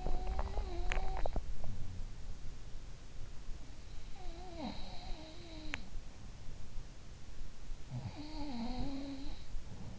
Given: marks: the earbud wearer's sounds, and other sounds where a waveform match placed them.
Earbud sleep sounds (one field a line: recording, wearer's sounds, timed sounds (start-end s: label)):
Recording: sounds in sleep by an in-ear microphone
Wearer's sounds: teeth grinding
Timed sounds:
0.00-1.72 s: teeth grinding
3.48-6.81 s: sound from someone else or the room
5.52-6.06 s: teeth grinding
7.85-9.99 s: sound from someone else or the room